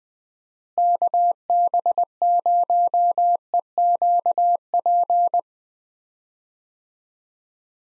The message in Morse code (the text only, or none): KB0EQP